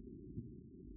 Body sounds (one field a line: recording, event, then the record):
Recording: neck accelerometer signal played as sound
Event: no cough (speech, laughter, throat clearing or background)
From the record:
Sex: male